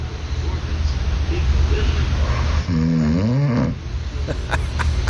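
Loud, low rumbling snore from an adult man with a brief tonal, moaning stretch in the middle: heavy snoring.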